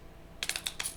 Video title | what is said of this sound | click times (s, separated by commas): PEW PEW NATION LIVE (Episode 89) Abolish The ATF | goes in, and you go turn, you can hear it clicking. | 0.4 s, 0.5 s, 0.6 s, 0.7 s, 0.8 s